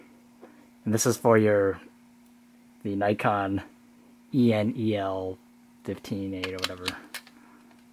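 Someone talks while a rechargeable camera battery is handled at the plastic battery carrier tray for a Nikon D850 MB-D18 vertical battery grip, with small handling ticks near the end. The battery has not yet been pushed into the tray, and nothing has seated or clicked yet.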